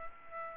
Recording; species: mosquito wingbeat signal from an infrared sensor; Aedes aegypti